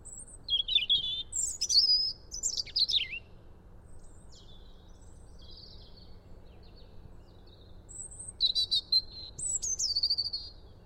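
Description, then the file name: European robin singing two phrases several seconds apart, each opening with a high thin whistle and breaking into jumbled, tumbling warbles and trills; quiet gap between. "Erithacus rubecula"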